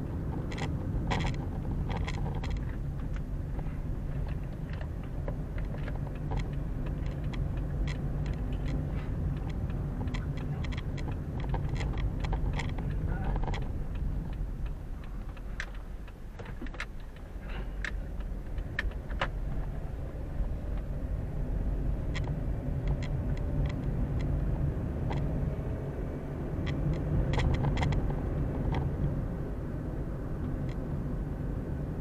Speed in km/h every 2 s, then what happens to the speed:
26, 17, 19, 18, 19, 19, 17, 8, 3, 10, 15, 21, 27, 32, 35, 31.
0-2 brakes to 17. 2-11 steady at about 19. 11-16 slows to 3. 16-27 speeds up to 35.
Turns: 15-20.